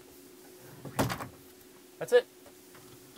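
Someone pushes down the lock on an interior sliding door in a 2007 Winnebago View 23H motorhome to unlock it so the door can slide open. A single sharp click sounds at 1.0 s as the lock releases, followed by a second burst near 2.1 s while someone talks. The lock is released and the door opens.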